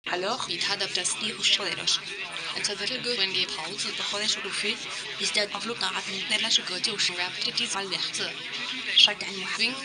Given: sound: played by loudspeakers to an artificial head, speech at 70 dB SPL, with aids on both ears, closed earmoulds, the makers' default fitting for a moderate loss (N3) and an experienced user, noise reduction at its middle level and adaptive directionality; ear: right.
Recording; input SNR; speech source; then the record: speech test signal (ISTS) in cocktail-party noise; +3 dB; on the right (90 degrees)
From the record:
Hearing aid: class 2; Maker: A